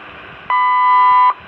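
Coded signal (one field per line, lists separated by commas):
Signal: radio time signal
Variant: WWV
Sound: a single steady high beep lasting under a second, surrounded by faint hiss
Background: radio static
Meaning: Marks the start of a new minute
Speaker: the children 3 hours 30 minutes coordinated Universal Time National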